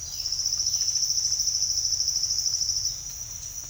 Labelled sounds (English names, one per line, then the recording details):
none
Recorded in secondary vegetation near Puerto Asís, Putumayo, Colombia, on 30 June 2025 at 07:00
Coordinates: 0.498, -76.327
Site GP09